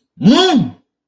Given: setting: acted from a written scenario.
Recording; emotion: vocal sound without words; negative surprise